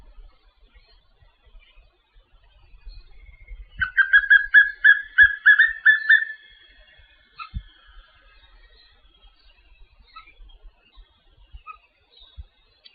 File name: Canto do papinho amarelo